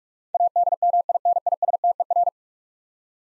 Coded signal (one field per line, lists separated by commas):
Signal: Morse code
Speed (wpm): 46 wpm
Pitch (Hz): 700 Hz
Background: none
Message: ADMINISTER